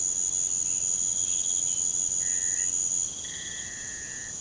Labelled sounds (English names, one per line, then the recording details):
none
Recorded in pastures near Puerto Asís, Putumayo, Colombia, on 22 June 2025 at 02:30
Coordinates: 0.472, -76.331
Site G095